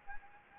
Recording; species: mosquito wingbeat signal from an infrared sensor; Anopheles gambiae